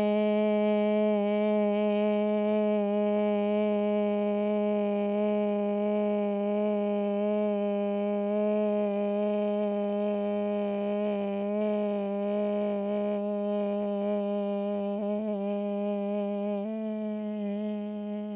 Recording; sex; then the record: sustained vowel /e/; female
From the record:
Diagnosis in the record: Parkinson's disease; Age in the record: 67 years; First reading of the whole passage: 79 s, 6.5 characters per second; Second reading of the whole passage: 74 s, 7.0 characters per second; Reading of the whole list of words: 72 s, 3.9 characters per second